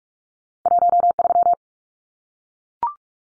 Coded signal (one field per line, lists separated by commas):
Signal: Morse code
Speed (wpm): 44 wpm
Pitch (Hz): 700 Hz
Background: none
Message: 13